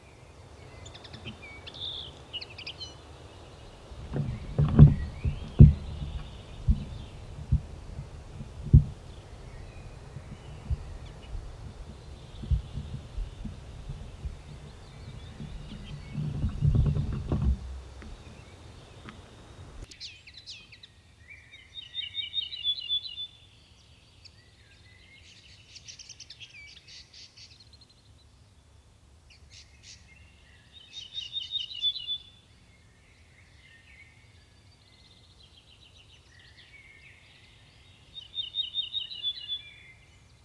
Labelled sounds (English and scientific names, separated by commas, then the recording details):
Ortolan Bunting (Emberiza hortulana)
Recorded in the wild
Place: Schloß Holte-Stukenbrock, Senne, Nordrhein-Westfalen, DE
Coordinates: 51.8856, 8.66111
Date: 1973-05-20
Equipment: Uher 4200 Report Stereo, Bändchenmikro Beyer M 260, Parabolspiegel Polyester (600 mm)
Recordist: Conrads, Klaus